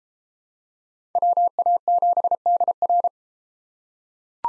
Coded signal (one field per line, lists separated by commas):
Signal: Morse code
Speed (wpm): 32 wpm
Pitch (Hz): 700 Hz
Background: none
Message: WA7DR